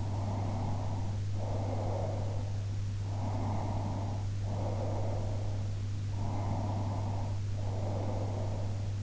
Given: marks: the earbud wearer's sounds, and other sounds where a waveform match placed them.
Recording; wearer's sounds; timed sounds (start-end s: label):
sounds in sleep by an in-ear microphone; breath
0.00-2.66 s: breath
3.16-5.63 s: breath
6.30-8.93 s: breath